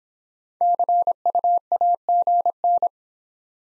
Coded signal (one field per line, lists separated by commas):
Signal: Morse code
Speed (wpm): 24 wpm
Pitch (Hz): 700 Hz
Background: none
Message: CU AGN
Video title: Top 20 QSO Elements - Speed-Racing - 17wpm